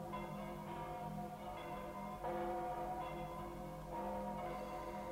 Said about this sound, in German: Und jetzt läuten die Glocken das neue Jahr ein. Psst. Seid still. Horcht.